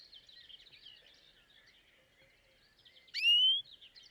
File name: Chloris chloris